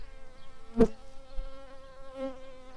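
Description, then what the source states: Shrill carder bee buzzing, a steady droning hum with rich overtones throughout, interrupted by a brief sharp click early on. Workers.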